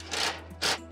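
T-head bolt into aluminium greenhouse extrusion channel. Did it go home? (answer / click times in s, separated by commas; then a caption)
no / none. A pre-wound T-head bolt is screwed into the aluminium extrusion channel while the back wall of a greenhouse is being fitted. Two short, ratchet-like bursts of tightening sound at about 0.1–0.3 s and 0.6–0.75 s ride over a steady low hum. Nothing has caught or clicked: the bolt misses the aluminium extrusion behind it and must be loosened and redone.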